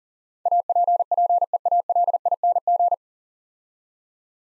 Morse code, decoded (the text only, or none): APPEALING